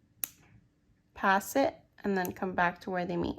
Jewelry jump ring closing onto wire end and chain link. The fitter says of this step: you're passing the ring and closing It Off You Hear The Click